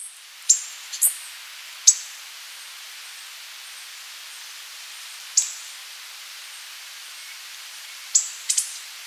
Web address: Natures Songs S America Birds of Ecuador Gray-Hooded Bush-Tanager